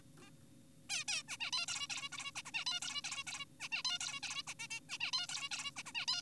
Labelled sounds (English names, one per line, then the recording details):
Zebra Finch
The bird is an adult
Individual g4p5U